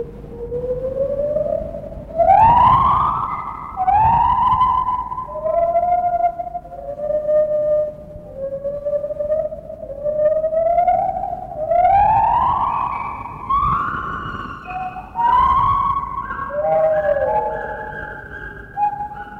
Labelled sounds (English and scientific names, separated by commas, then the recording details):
Lar Gibbon (Hylobates lar)
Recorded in captivity
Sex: pair
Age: adult
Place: Zoo Berlin, Berlin, DE
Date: 1960-10-09 12:00
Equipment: Minifon, Kopie Smaragd
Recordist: Tembrock, Günter
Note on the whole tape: Paar nach der Fütterung, sie die dunklen Crescendo Reihen, er die hellen zweisilbigen Reihen mit gelegentlichen Trillern